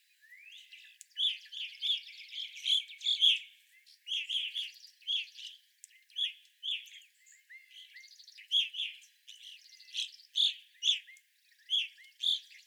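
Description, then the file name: Evening grosbeak flock giving loud, ringing chirps in quick irregular bursts, several birds overlapping. Several evening grosbeaks calling, recorded 25 April 2021. "2021-04-25 Evening Grosbeaks"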